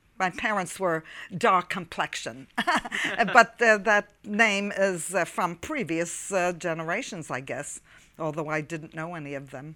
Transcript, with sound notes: My parents were dark-complexioned. ( she laughs ) But that name is from previous generations, I guess, although I didn't know any of them.